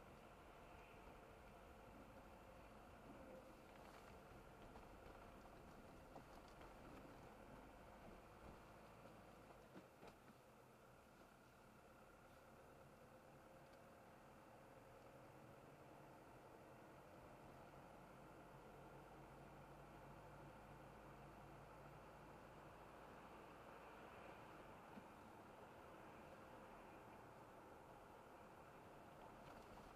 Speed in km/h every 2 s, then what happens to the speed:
23, 23, 23, 23, 25, 24, 27, 31, 34, 37, 39, 40, 41, 41, 40.
0-11 steady at about 23. 11-21 speeds up to 40. 21-30 steady at about 40.